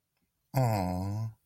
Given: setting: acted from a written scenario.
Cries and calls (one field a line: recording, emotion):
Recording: vocal sound without words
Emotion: adoration